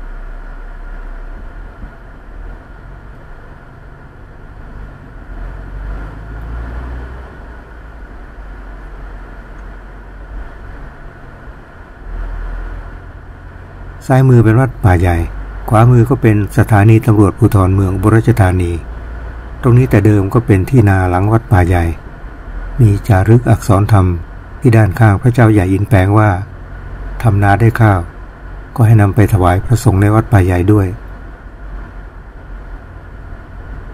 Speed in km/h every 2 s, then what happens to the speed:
5, 10, 15, 21, 21, 21, 23, 27, 30, 32, 31, 33, 34, 35, 35, 35, 35.
0-6 speeds up to 21. 10-18 speeds up to 32. 18-34 steady at about 34.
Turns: none.